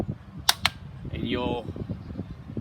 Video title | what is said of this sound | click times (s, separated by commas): Dad Assembles & Demos BLACK+DECKER Battery-Powered Trimmer/Edger (LST300) | know when you're ready because you can hear that click and we are locked in place just | 0.5 s, 0.7 s